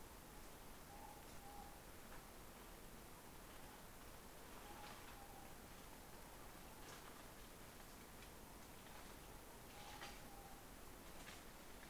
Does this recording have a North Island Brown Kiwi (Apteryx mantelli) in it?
no